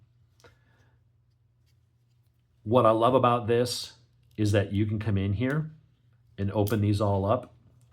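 A lock button is pressed on the fold-out pliers of a pocket multitool knife, releasing the pliers lock so they can be folded closed, with a single short click at 0.4 s. Afterward, someone talks.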